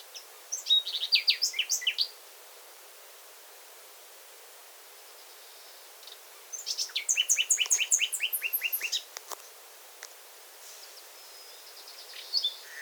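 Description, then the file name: Common nightingale singing: a short burst of rapid repeated notes, a long pause, then a longer phrase of fast, varied chirps, with more notes at the very end. "Luscinia megarhynchos"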